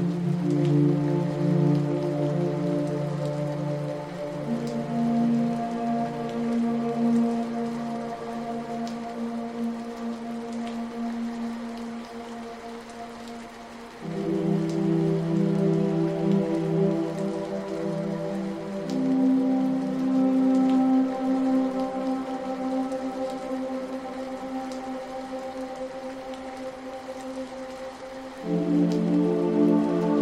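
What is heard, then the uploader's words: Soft, sustained music of held low and middle chords, changing pitch near 4, 14, 19 and 28 seconds, rises and fades slowly. Beneath it runs a steady, faint patter of rain with scattered light taps across the whole clip. Classical music and rain sounds. The gentle tapping of raindrops against the window panes creates a soothing rhythm that is further enhanced by the dulcet tones of classical & relaxing music.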